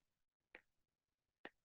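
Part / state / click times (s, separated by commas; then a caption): under-deck ceiling channel onto starter strip track / seated / 0.6 s, 1.5 s. A cut plastic under-deck ceiling channel is pressed onto the starter strip track, giving two sharp snaps at 0.5 s and 1.5 s, the second slightly louder. The channel snaps into place on the track and is seated.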